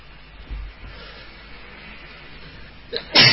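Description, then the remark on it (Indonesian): After a stretch of low background hum, a quick sharp intake of breath leads into a single loud, explosive sneeze at the very end. “Alhamdulillah.”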